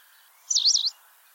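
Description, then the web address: White wagtail call, a single sharp, high-pitched chirp that wavers up and down quickly, sounding slightly twittering, with faint steady background noise. "cianscape birddata Deverinetal 2025"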